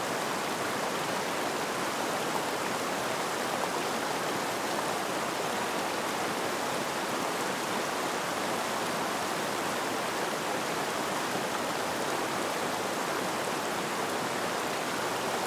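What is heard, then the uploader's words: A creek rushes along in a steady, dense wash of water noise that never lets up over the whole stretch. The sound is bright and hissing, with little low rumble. No other sounds stand out. Fishing Creek Ambience Noise.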